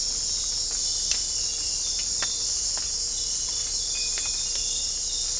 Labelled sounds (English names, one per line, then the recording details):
none
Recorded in dense forest near Puerto Asís, Putumayo, Colombia, on 20 December 2024 at 00:30
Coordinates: 0.499, -76.324
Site G045